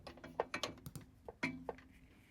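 Long-nose pliers placed over the ridge on a plastic air suspension line press it down into the push-fit fitting on top of the front air strut (LR032646W) of a Land Rover Discovery 4. A sharp click at 0.4 s marks the line seating fully in the fitting, followed by several more short clicks and ticks through about 1.7 s.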